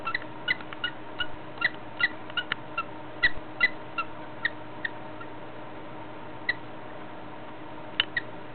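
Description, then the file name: Budgerigar heavy breathing: short wheezy squeaks with each breath, about two or three per second for five seconds, then only two isolated ones, uneven in strength, over a steady low hum. "schweres atmen wellensittich"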